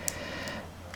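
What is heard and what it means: A laptop's LCD/eDP display cable on an Acer Nitro 5 17.3-inch is slotted back into its screen-panel connector and pressed firmly home. It gives a sharp, short click at 0.1 s and seats, because without that click the screen shows no output. A fainter tick follows at 0.9 s over a low steady hum.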